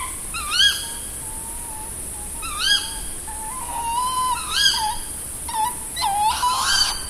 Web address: Madardalok - Macskabagoly